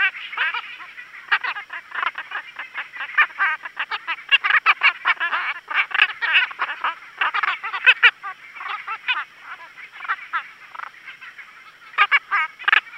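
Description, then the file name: Leprieur's slender-legged treefrog giving dense runs of rapid, rattling pulsed notes, almost continuous, with a brief pause before a few final bursts. "Osteocephalus leprieuri"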